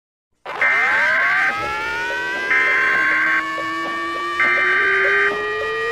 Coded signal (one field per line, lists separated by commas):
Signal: Emergency Alert System (SAME) tones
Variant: header bursts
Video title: Countryland EAS alarm 2024 tsunami warning